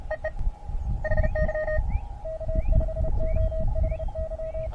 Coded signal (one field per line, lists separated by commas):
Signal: Morse code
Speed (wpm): 31 wpm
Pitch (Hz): 630 Hz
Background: none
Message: EE HY K5OHY